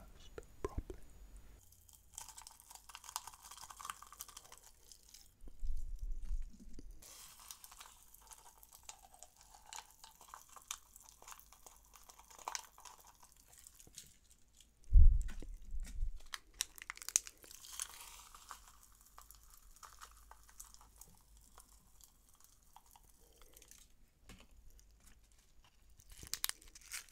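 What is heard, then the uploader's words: Popping candy crackles in layers, a dense, irregular fizz of tiny bright snaps that thickens and thins throughout. Low thumps land around 6 seconds and a louder one at 15 seconds, with a few sharper clicks scattered through the rest. ASMR Layered Popping Candy (TINGLES).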